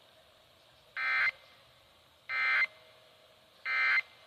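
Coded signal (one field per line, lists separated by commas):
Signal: Emergency Alert System (SAME) tones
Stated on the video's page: Required monthly and weekly tests.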